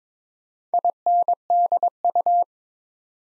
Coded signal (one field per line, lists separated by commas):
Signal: Morse code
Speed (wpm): 22 wpm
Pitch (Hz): 700 Hz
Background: none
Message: INDU